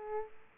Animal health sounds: mosquito wingbeat signal from an infrared sensor; Aedes aegypti

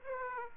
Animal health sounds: mosquito wingbeat signal from an infrared sensor; Aedes aegypti

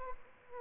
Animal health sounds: mosquito wingbeat signal from an infrared sensor; Aedes albopictus

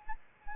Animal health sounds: mosquito wingbeat signal from an infrared sensor; Anopheles arabiensis

